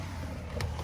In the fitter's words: is for opening up the hood so what I'm gonna do is I'm going to pull on it hear it pop and